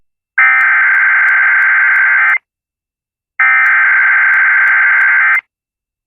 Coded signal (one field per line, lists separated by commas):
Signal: Emergency Alert System (SAME) tones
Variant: header bursts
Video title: THE ACTION CONTINUES | EAS Alerts from 6/22/2022 (EAS #1346-1352)